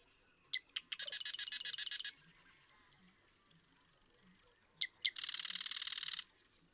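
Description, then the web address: Marsh Wren song given twice: short clicking introductory notes followed each time by a rapid, buzzy, mechanical rattle of repeated high notes lasting about a second. "birdsongforthecurious Marsh Wren"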